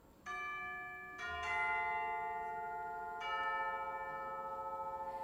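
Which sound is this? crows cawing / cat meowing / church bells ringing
church bells ringing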